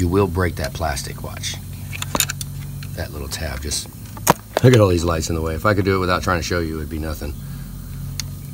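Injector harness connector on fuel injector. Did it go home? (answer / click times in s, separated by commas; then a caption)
released / 8.2 s. Someone talks while pressing the locking tab on a plastic injector harness connector on a 6.0 Powerstroke fuel injector. A sharp click at 8.2 s marks the tab unlatching, and the connector is released.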